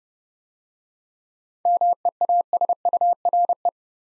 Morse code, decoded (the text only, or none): MEASURE